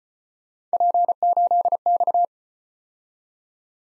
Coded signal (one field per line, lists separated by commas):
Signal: Morse code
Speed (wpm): 32 wpm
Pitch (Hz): 700 Hz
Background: none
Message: P8X